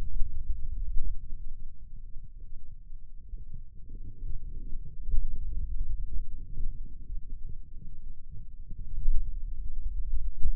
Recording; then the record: forearm muscle sounds (acoustic myography)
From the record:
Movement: pen grasping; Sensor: system 2, bracelet of six BSWA MPA416 microphones around the upper forearm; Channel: 2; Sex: male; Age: 22 years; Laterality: right